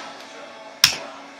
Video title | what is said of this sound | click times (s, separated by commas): VEDA Day #5 - Bottle and Sippy Cup Reviews (Video Every Day in April) | see it clicks into place so this Clicks in so you know that it's secure | 0.8 s